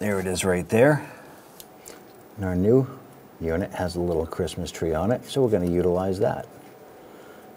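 Someone talks while handling the plastic "Christmas tree" push-in retaining clip on the wiring of a new upstream O2 oxygen sensor for a 1997-2006 Jeep Wrangler, lining it up with its body mounting hole on the vehicle. Two brief faint ticks come at about 1.6 s and 1.9 s between the talking. Nothing has seated or clicked yet.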